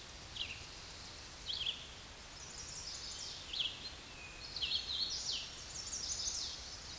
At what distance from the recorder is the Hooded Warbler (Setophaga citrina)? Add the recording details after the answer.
about 30 m. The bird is about 10 m above the microphone. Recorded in a Pennsylvania forest on 16 May 2024 at 08:26. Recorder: AudioMoth, point MSD-2258. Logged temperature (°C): 15.2 °C. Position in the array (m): 142 m, 58 m